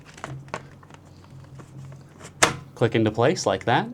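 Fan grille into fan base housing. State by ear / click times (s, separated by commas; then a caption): seated / 0.2 s, 0.5 s. On a Dreo TurboPoly Fan 353, the plastic fan grille is lined up so the small legs on its edge sit in the notches around the inside of the base housing, then pressed in. Sharp clicks at 0.2 s and 0.5 s mark the legs seating in the notches, followed by a louder knock near 2.4 s. Someone talks toward the end.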